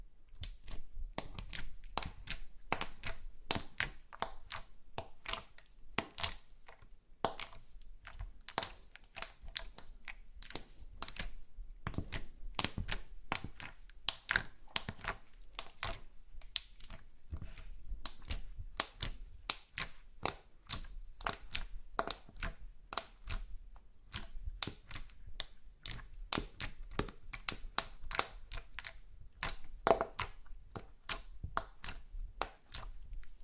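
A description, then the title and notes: Slime being squished and pressed, making a fast, irregular stream of sharp wet clicks and pops that runs without a break for the whole half minute. The crackling stays dense and even in loudness, over a faint low hum underneath. ASMR SLIME No Talking Satisfying slime Sounds.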